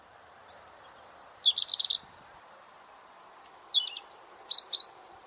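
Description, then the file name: European robin singing thin, high warbled phrases, a sweet trilled run followed by a pause and a second sparkling burst of varied notes over a steady low hiss. "Erithacus rubecula"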